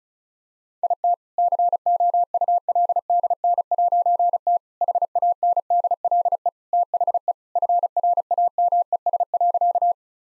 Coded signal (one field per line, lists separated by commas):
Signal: Morse code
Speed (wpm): 34 wpm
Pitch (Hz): 700 Hz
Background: none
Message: IT COULDN'T HANDLE THE FRAMES.